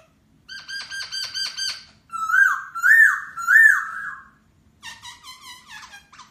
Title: Suara Poksai Hongkong Memukau Burung Yang Lain